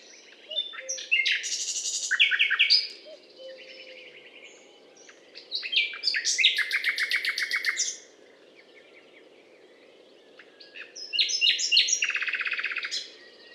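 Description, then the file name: Common nightingale delivering three loud phrases a few seconds apart, each of fast repeated notes and rattling trills, with soft whistles in the gaps. Recorded at a limestone hillock, Butte calcaire de Gratacap, France, on 19 May 2012. "rossignol philomele Butte calcaire de Gratacap"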